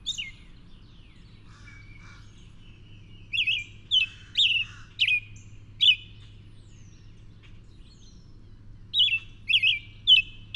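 Bird song beginning quietly, then bursts of sharp, high chirps in the middle and again at the end, with a faint low hum throughout.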